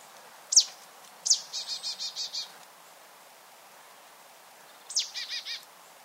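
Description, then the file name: Marsh tit calls: a sharp high note, then another leading into a fast row of five buzzy nasal notes, and later a similar shorter buzzy series. "Poecile palustris"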